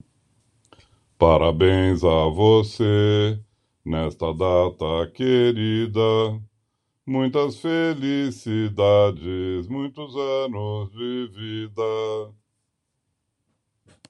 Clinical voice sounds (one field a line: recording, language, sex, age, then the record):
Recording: short text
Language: Brazilian Portuguese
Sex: male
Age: 60 to 69 years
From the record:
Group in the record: control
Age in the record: 65 years